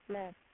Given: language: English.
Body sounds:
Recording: throat vibration sensor signal played as sound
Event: speech

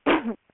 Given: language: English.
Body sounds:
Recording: throat vibration sensor signal played as sound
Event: cough

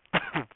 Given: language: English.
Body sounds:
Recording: throat vibration sensor signal played as sound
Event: cough

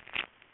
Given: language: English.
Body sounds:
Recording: throat vibration sensor signal played as sound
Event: swallow

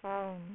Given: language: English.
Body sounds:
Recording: throat vibration sensor signal played as sound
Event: speech

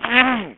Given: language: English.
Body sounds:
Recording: throat vibration sensor signal played as sound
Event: throat clearing

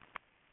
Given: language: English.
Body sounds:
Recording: throat vibration sensor signal played as sound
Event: swallow

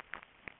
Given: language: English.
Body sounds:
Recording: throat vibration sensor signal played as sound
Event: swallow

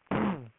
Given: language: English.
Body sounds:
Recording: throat vibration sensor signal played as sound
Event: throat clearing

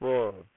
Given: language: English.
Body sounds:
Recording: throat vibration sensor signal played as sound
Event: speech

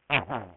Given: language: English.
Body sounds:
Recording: throat vibration sensor signal played as sound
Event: throat clearing

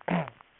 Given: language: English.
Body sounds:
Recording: throat vibration sensor signal played as sound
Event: throat clearing

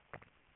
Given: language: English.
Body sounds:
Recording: throat vibration sensor signal played as sound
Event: swallow

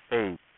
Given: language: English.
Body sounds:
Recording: throat vibration sensor signal played as sound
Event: speech

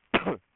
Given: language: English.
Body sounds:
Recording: throat vibration sensor signal played as sound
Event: cough

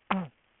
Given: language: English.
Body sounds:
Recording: throat vibration sensor signal played as sound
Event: throat clearing

